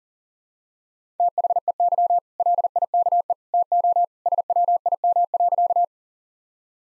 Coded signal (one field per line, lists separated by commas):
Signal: Morse code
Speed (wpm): 40 wpm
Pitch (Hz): 700 Hz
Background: none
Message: THEY LIKE TO SWIM.